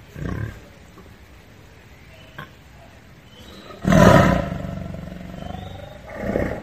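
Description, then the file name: Tiger giving a short roar early, then a louder rasping roar after a quiet stretch, with a further rough burst at the end. "Tieng ho gam"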